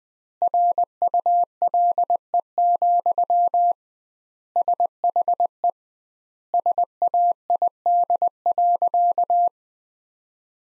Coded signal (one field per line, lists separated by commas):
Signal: Morse code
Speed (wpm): 21 wpm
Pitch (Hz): 700 Hz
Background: none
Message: RULE, SHE SAID.